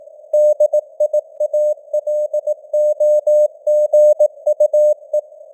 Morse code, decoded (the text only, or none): DIALOGUE